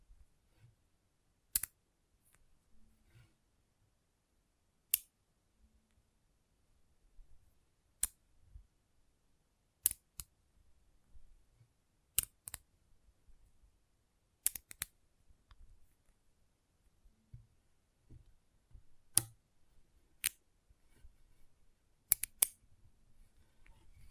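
Intense magnetic tingles: sharp, bright clicks snap at irregular intervals every second or two over a quiet, faintly rumbling low background.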